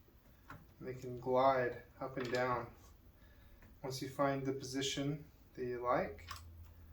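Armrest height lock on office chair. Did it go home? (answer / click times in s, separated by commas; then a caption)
no / none. Someone talks while the armrest on a Steelcase Gesture office chair is handled, with the armrest slid up and down to a chosen height before the side lever is used to lock it. Faint brief handling sounds come through the speech at about 0.5 s and 3.6 s. The armrest height lock has not clicked into place yet.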